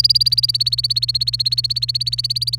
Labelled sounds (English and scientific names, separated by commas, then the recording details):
Domestic Canary (Serinus canaria) song
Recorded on 28 April 2018 at 13:33
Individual llb3